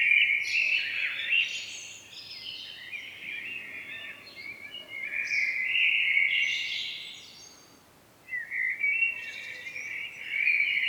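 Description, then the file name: Common blackbird giving a run of full, flute-like phrases laced with higher squeaky notes, with a brief pause before a final phrase. "Turdus merula"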